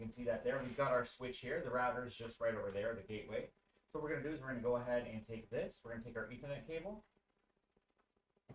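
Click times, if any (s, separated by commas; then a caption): none. Someone talks while picking up an Ethernet cable and lining its plug up with the PoE input port on a Ubiquiti UniFi 6 Long-Range access point, with a switch and the router gateway nearby. Speech fills the clip until about 7.0 s, followed by near silence. Nothing has seated or clicked yet.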